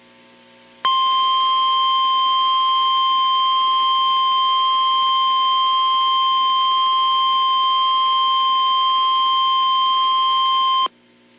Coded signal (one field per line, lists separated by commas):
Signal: Emergency Alert System (SAME) tones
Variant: 1050 Hz attention tone